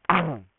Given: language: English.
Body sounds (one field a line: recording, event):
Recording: throat vibration sensor signal played as sound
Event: throat clearing